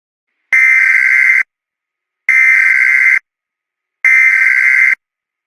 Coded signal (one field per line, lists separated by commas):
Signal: Emergency Alert System (SAME) tones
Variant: header bursts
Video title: EAS Scenario #13 - The Blackhole